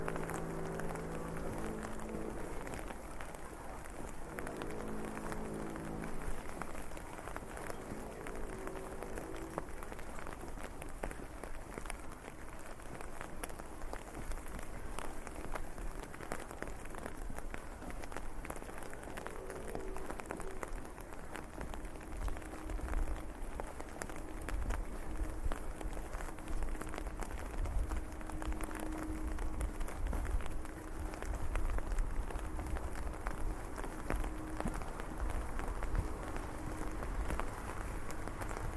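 Steady rain hisses down over a walk through the streets, a dense, even patter across the whole clip. Low tonal hums rise and fall during the first ten seconds, like passing engines, and a deeper rumble swells again after about twenty seconds.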